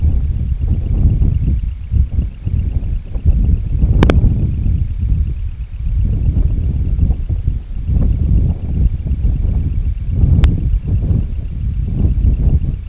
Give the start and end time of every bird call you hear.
0.00s-12.89s: Semipalmated Sandpiper

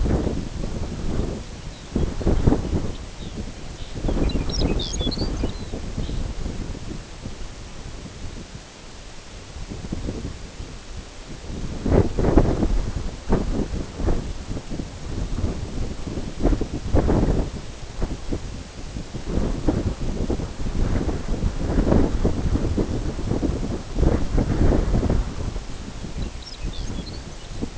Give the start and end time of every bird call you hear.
1.57s-6.26s: Lapland Longspur
26.12s-27.68s: Lapland Longspur

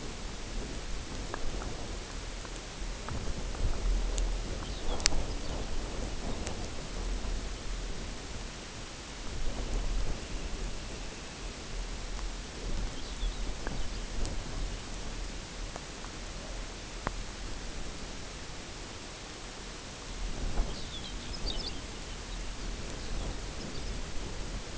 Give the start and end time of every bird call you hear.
4.61s-4.99s: Lapland Longspur
5.25s-5.58s: Lapland Longspur
9.04s-11.70s: Dunlin
12.94s-14.03s: Lapland Longspur
20.63s-21.85s: Lapland Longspur
22.25s-22.43s: Lapland Longspur
22.92s-24.01s: Lapland Longspur

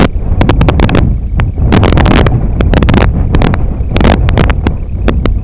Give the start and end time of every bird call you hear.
0.00s-5.44s: Semipalmated Sandpiper

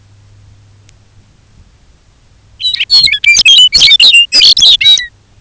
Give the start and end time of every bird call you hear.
2.47s-5.13s: Lapland Longspur

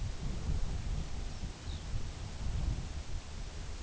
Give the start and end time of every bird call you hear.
1.16s-1.92s: Lapland Longspur

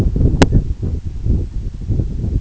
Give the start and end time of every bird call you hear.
0.41s-0.70s: Canada Goose

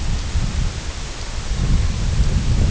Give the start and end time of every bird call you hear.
1.35s-2.18s: Red-throated Loon

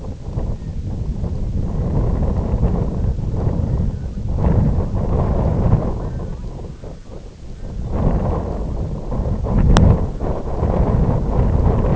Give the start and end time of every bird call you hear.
0.34s-0.79s: Red-throated Loon
1.52s-2.19s: Red-throated Loon
2.77s-3.23s: Red-throated Loon
3.54s-4.83s: Red-throated Loon
5.88s-7.88s: Red-throated Loon
8.22s-8.62s: Red-throated Loon
9.13s-9.45s: Red-throated Loon
10.10s-10.59s: Red-throated Loon

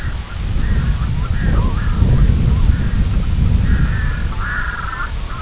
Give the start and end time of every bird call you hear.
0.00s-5.41s: Red-throated Loon

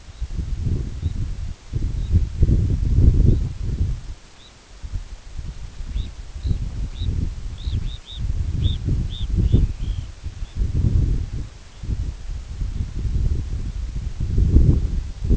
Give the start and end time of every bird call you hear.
0.04s-0.26s: Red Phalarope
0.93s-1.20s: Red Phalarope
1.91s-2.17s: Red Phalarope
3.20s-3.46s: Red Phalarope
4.28s-4.59s: Red Phalarope
5.86s-7.23s: Red Phalarope
7.50s-8.27s: Red Phalarope
8.52s-10.10s: Red Phalarope
10.36s-10.62s: Red Phalarope
11.65s-11.90s: Red Phalarope

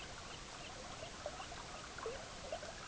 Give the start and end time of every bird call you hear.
0.00s-2.87s: Semipalmated Plover

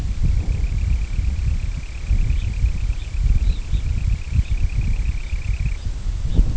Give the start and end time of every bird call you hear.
0.01s-5.82s: Semipalmated Sandpiper
2.25s-2.60s: Red Phalarope
2.90s-3.13s: Red Phalarope
3.38s-3.87s: Red Phalarope
4.33s-4.64s: Red Phalarope
5.13s-5.39s: Red Phalarope
5.70s-5.93s: Red Phalarope
6.21s-6.45s: Red Phalarope

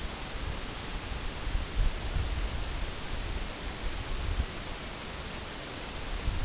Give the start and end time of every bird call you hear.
2.06s-2.25s: Canada Goose

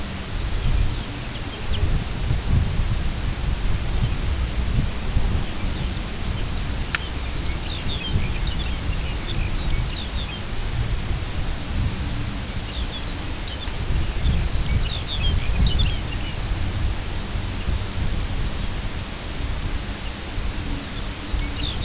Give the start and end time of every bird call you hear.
0.51s-1.82s: Lapland Longspur
3.85s-4.15s: Lapland Longspur
5.38s-10.48s: Lapland Longspur
12.58s-16.49s: Lapland Longspur
16.79s-17.40s: Lapland Longspur
17.65s-17.78s: Lapland Longspur
19.11s-19.31s: Lapland Longspur
19.95s-20.15s: Lapland Longspur
20.79s-21.84s: Lapland Longspur

